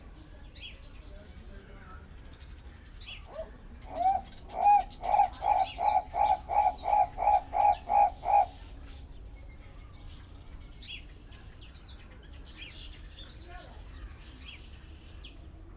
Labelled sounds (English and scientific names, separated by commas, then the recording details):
Guinea Turaco (Tauraco persa) call
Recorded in captivity
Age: adult
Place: Zoo Berlin, Berlin, DE
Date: 1994-04-16 12:20
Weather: heiter, 7-12°C
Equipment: Marantz CP 430, Sennheiser ME 80, Kopie Uher Variocord 263
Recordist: Tembrock, Günter